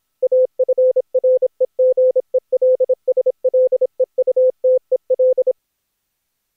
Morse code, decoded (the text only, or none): AFREGELSLEUTEL